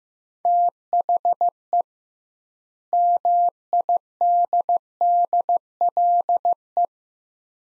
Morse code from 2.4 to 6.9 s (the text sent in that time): MIDDLE